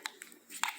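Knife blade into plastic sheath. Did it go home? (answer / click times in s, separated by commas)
no / none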